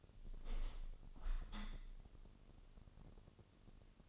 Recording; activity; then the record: daily activity, microphone in the room; open window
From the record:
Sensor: 4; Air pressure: 1001.2 hPa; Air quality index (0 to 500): 178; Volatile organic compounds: 2 ppm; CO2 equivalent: 1272 ppm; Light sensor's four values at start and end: 12/28/12/12 and 12/29/12/12